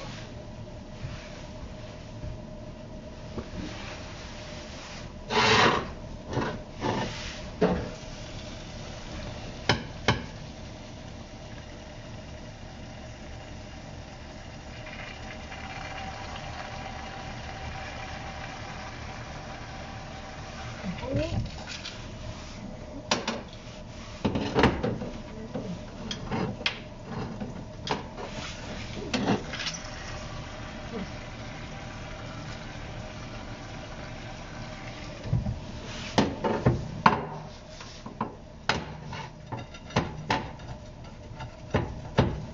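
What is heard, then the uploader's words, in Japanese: Vegetables being chopped while curry is cooked: sharp knife strikes land on a board in irregular bursts, clustered around 5–10, 21–30 and 35–40 seconds. Between them, a steady low hum and faint clatter carry on, with quieter stretches of shuffling. 野菜を切る。カレーを作っている途中で野菜を切っている音。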